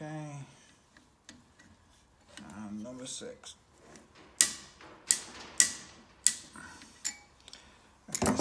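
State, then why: Torque reached. Someone talks as a click-type torque wrench tightens fastener number six on a VW air-cooled engine case. A series of loud, sharp metallic clicks rings out, with the wrench clicking at its setting at 4.4 s and 6.3 s, and the fastener is torqued.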